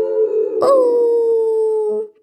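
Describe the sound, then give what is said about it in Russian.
An eerie, drawn-out howl from a chimney pipe holds one steady, fairly low pitch for about two seconds after a brief rough burst near the start, then trails off abruptly into silence. “Забрался в трубу и рычит от скуки.”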